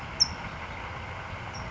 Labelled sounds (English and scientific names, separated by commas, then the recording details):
California Towhee (Melozone crissalis)
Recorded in Sonoma County, California